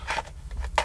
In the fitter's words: simple slide on action clicks into place